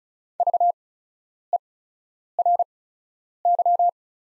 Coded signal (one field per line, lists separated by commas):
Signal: Morse code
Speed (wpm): 36 wpm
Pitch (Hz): 700 Hz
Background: none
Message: VERY